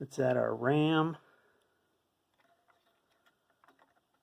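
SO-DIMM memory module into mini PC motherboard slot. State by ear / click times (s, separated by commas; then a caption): not seated / none. A laptop-style SO-DIMM memory stick is handled over its slot on the motherboard of an HP EliteDesk 800 G4 Mini PC. Someone talks briefly at the start, then faint, quiet ticks and handling noises follow from about 2.4 s to the end. Nothing has seated or clicked yet.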